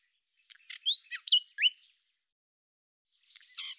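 Common nightingale song phrase of loud rich whistles and clicking notes, slurring down and up, followed by silence and a soft new phrase beginning.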